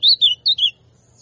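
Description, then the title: Ultramarine grosbeak giving four short, clear slurred whistles in quick succession, the second and fourth dropping slightly in pitch. Classic song style of the ultramarine grosbeak. "Azulão Canto Clássico"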